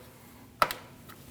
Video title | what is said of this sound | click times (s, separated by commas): How to Replace Radiator 2012-2016 Honda CR-V 2.4L L4 | Quick clip back in. | 0.6 s